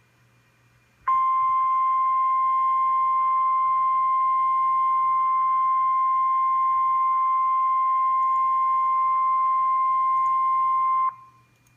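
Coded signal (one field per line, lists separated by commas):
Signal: Emergency Alert System (SAME) tones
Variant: 1050 Hz attention tone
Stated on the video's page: Severe Thunderstorm Watch broadcast on weather radio station KIH20, issued by the Storm Prediction Center.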